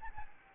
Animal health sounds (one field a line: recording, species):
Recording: mosquito wingbeat signal from an infrared sensor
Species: Aedes albopictus